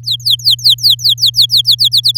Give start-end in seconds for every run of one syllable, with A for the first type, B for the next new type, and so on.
0.03-1.89 A, 1.92-2.17 B